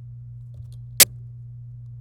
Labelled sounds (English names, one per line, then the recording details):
Domestic Canary song
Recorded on 26 April 2018 at 16:56
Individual llb3